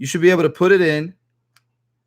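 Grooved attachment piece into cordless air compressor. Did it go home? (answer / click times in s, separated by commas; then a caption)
yes / 1.6 s. Someone talks while a grooved attachment piece is pushed into a cordless air compressor body. At 1.6 s a single short, sharp click is heard as the attachment locks into place.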